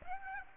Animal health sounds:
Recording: mosquito wingbeat signal from an infrared sensor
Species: Aedes aegypti

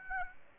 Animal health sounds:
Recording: mosquito wingbeat signal from an infrared sensor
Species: Aedes aegypti

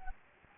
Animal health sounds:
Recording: mosquito wingbeat signal from an infrared sensor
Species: Anopheles gambiae

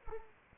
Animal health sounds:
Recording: mosquito wingbeat signal from an infrared sensor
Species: Culex pipiens

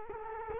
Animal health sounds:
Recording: mosquito wingbeat signal from an infrared sensor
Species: Culex quinquefasciatus

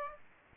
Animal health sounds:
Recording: mosquito wingbeat signal from an infrared sensor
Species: Aedes aegypti

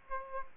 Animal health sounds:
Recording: mosquito wingbeat signal from an infrared sensor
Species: Aedes aegypti

